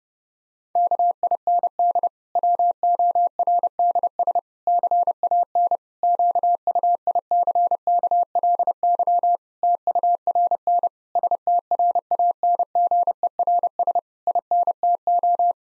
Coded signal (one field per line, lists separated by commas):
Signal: Morse code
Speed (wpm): 30 wpm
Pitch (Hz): 700 Hz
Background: none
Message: KIND WORDS CAN QUICKLY TURN STRANGERS INTO